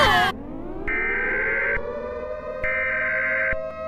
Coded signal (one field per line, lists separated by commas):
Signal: Emergency Alert System (SAME) tones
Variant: header bursts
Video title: Minions react to EAS Scenario: Sky net (Analog Horror)